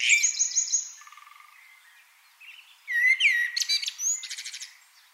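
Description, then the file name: Eurasian wren song: a rapid, high trill that fades, then a burst of shrill notes and buzzy rattling trills. "Troglodytes troglodytes"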